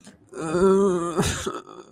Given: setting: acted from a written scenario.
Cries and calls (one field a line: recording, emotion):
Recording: vocal sound without words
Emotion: sadness